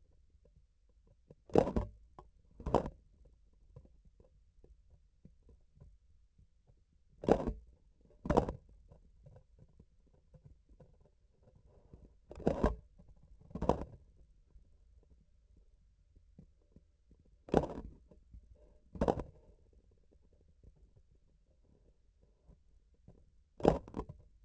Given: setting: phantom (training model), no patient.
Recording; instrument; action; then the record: laparoscopic instrument, vibration sensor on the handle end; grasping forceps; opening and closing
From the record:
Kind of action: tool actuation without material contact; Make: other than Olympus